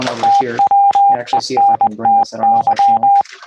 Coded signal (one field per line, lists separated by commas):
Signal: Morse code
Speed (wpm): 20 wpm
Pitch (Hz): 800 Hz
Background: speech, radio noise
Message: TWENTY